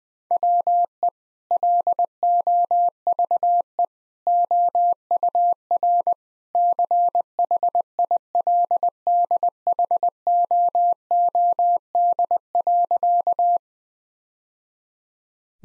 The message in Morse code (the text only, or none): WE LOVE OUR CHILDHOOD.